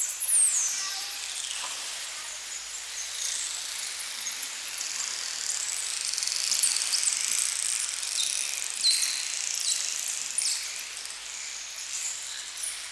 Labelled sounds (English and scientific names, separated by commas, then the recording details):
Bottlenose Dolphin (Tursiops truncatus) call
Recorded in captivity
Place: Tiergarten Nürnberg, Bayern, DE
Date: 1998-11-13 11:45
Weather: overcast, ca. 2 to 3°C
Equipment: Sony MD-WM MZ-R3, Sennheiser MKH 416 T, Kopie Uher 4000 Report Monitor
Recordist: Tembrock, Günter